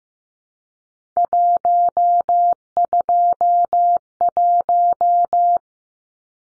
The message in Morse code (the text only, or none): 121